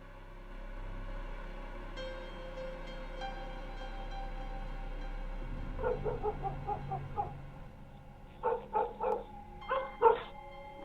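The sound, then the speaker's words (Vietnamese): Dogs bark and yelp at night, barking at ghosts, in short, uneven bursts, a cluster of quicker yips followed by several louder, sharper barks, over a low steady background hum with no one speaking. “Có tiếng chó cắn ma nhấm nhẳng vang lên trong đêm.”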